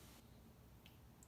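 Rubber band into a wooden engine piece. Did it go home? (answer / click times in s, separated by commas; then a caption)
yes / 0.9 s, 1.2 s. A stretched rubber band is pushed sideways into the fourth hole of a wooden engine piece from a UGears U-9 Grand Prix Car mechanical 3D wooden model kit (UTG0031). Over a steady low background, two short, sharp snaps are heard at 0.9 s and 1.2 s as the band snaps into place. The rubber band is confirmed seated in the fourth hole.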